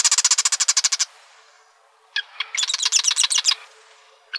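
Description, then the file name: Marsh wren rattle: a rapid series of about a dozen harsh, evenly spaced clicks, then a pause and a second, scratchier buzzing burst. Arizona, 4 July 2003. "MAWR 3 deviche"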